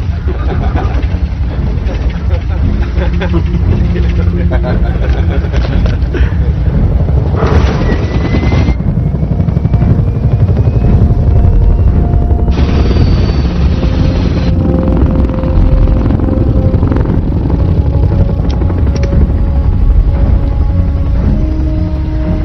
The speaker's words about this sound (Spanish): Accidente de helicóptero.